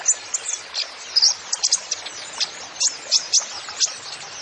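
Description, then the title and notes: Van Hasselt's sunbird song of thin, high-pitched twittering chips delivered in fast irregular clusters, with steady hiss behind. Masteran recording for training songbirds; actively singing (gacor) bird with full fills (isian) and shots (tembakan). "MASTERAN KOLIBRI NINJA FULL ISIAN DAN TEMBAKAN. Suara Burung Kolibri Ninja Gacor"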